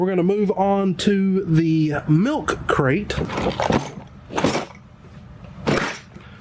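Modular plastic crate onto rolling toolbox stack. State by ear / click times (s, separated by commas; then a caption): seated / 4.4 s. A plastic milk-crate style Milwaukee Packout tool crate is set onto a modular rolling toolbox stack after someone talks. At 4.4 s there is a sharp snap as it locks onto the unit below, seating in place.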